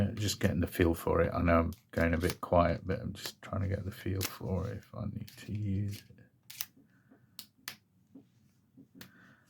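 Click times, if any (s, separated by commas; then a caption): 6.5 s, 7.4 s, 7.7 s. Someone talks for the first six seconds, then a precision bit is pushed into the ball-detent holder of a Klein 32581 multi-bit precision screwdriver. Sharp, solid clicks sound at 6.5, 7.4 and 7.7 seconds as the bit seats firmly in the holder.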